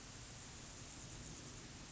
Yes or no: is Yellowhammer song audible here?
no